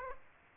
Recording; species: mosquito wingbeat signal from an infrared sensor; Aedes aegypti